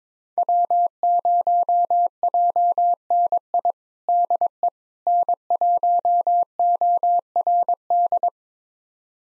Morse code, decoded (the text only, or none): W0JNI DE N1ORD